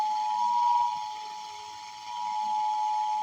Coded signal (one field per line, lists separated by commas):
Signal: Emergency Alert System (SAME) tones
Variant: 853 and 960 Hz attention tone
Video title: EAS alert end of world during wonderland on mini jr 12/31/2018 REUPLOAD (FINAL WORLD)